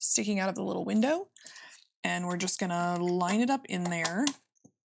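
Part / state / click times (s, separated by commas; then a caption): bobbin case into sewing machine bobbin holder / not seated / none. A threaded bobbin case is lined up with its thread sticking out of the little window and guided toward the bobbin holder of an Elna eF1 semi-industrial sewing machine while someone talks. Near the end, two faint ticks are heard at about 4.6 s. Nothing has seated or clicked yet, and the bobbin case is not yet home.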